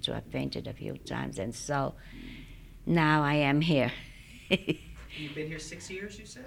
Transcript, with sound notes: So I fainted a few times, and so now I am here. (she laughs)
You've been six years, you say?